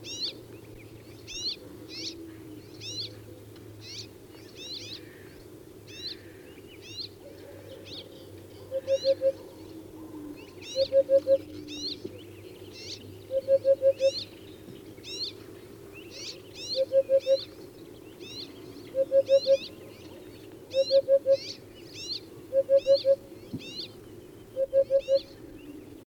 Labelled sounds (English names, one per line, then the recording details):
Eurasian Hoopoe call
Rock Sparrow call
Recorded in the wild
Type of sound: call
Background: Petronia petronia
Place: Chudjirt, MN
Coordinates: 47.013, 102.255
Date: 1979-06-06
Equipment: Nagra III BH, Sennheiser MD 21, parabola
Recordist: Schubert, Michael
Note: Rufe Wiedehopf, Steinsperling